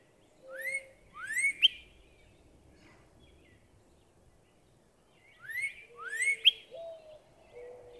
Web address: birdsongforthecurious songs Northern Cardinal